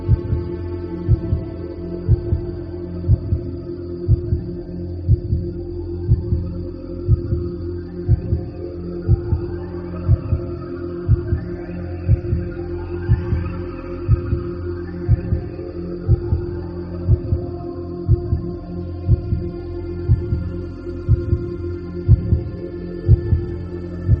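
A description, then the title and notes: A steady 40Hz gamma tone made of deep, layered low droning with a faint high whine above. Soft throbbing pulses beat at a regular pace, about one per second, like a heartbeat. Faint rising and falling tones drift through the middle. Awaken to Profound Gamma 40Hz.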